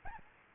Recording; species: mosquito wingbeat signal from an infrared sensor; Aedes albopictus